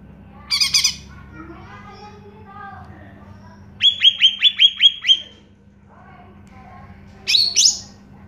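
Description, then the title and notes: Greater green leafbird song: a harsh buzzy burst, soft warbling, then a run of quick sharp whistled notes, another buzzy burst at the end. Recording intended as a master song for training caged birds. "Suara Burung Cucak Ijo. mantap buat masteran burung cak ijo"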